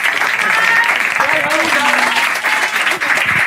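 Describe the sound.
An audience at a cultural salon event in North Point claps steadily and loudly for several seconds, a dense, continuous patter of many hands, with a voice or two faintly audible underneath partway through.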